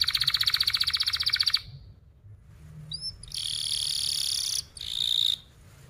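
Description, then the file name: Canary song: a fast rattling trill, a pause, short thin upslurred notes, then long buzzy sustained rolls. Gacor singing canary with fast, tight, sharp rolling chirps (speed rapat, cuit-cuit, ngerol tajam). "Suara Kenari Gacor Speed Rapat Cuit Cuit Ngerol Tajam"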